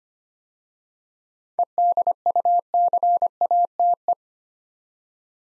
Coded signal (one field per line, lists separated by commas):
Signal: Morse code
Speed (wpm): 25 wpm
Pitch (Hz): 700 Hz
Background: none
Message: EDUCATE